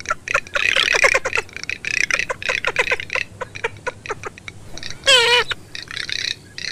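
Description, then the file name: Garganey crackling rattle in quick bursts of clicks, dense at first then spaced out, broken by a single wavering harmonic call near the end. "MARZAIOLA"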